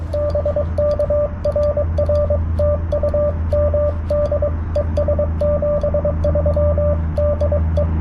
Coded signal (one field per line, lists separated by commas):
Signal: Morse code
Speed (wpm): 21 wpm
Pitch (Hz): 590 Hz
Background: radio noise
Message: BK RR TU MD ES 73 DE